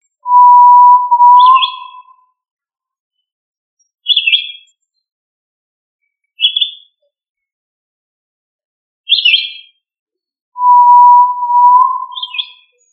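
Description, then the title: Tinamou calls: a long, level whistle, then short high chirpy notes spaced about every two and a half seconds, and a second long whistle near the end. "Familia Tinamidae - Quail - Puyuh"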